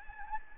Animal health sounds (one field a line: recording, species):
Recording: mosquito wingbeat signal from an infrared sensor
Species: Anopheles gambiae